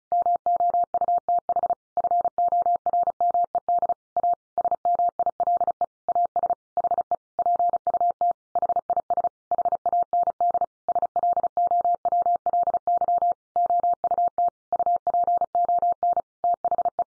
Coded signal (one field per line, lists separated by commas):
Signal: Morse code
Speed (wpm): 34 wpm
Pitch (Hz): 700 Hz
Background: none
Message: MOUTH FORMED A SMILE AS HE PUT HIS HAND SLOWLY OUT UPON THE